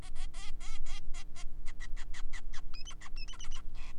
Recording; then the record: song of a male Bengalese finch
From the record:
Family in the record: son of father 5